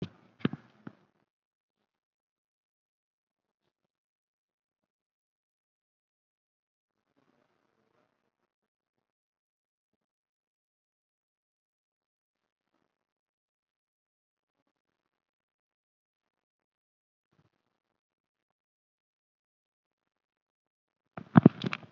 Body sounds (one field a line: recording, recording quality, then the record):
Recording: deep breathing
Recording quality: poor, much background noise or distortion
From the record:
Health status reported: COVID-19 positive, mild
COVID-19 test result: positive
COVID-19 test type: RT-PCR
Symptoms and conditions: cough, fever, fatigue, hypertension, diabetes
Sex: male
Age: 67 years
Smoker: yes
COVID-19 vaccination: one dose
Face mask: not worn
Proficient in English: no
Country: India